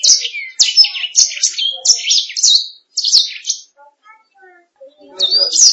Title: BM Suara Kenari